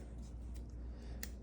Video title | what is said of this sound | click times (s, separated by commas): How to Change a Porsche Cayenne Headlight Bulb Quick DIY Fix! | You just lock it in like that. | 1.2 s